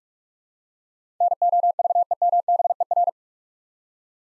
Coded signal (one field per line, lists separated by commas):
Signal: Morse code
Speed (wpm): 42 wpm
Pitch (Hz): 700 Hz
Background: none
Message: NOVEMBER